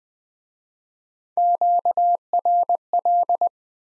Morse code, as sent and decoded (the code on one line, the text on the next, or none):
--.- .-. .-..
QRL